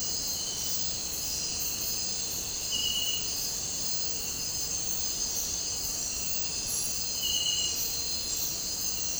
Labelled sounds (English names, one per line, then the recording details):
none
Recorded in dense forest near Puerto Asís, Putumayo, Colombia, on 13 March 2025 at 01:30
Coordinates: 0.467, -76.328
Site G041